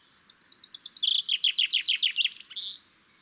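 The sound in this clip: Common chaffinch song: a quick, high series of repeated notes that steps down and grows louder before closing with a brief flourish, all in under three seconds.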